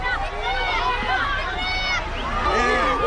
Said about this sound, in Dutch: De bus is er! De kinderen rennen met de bus mee.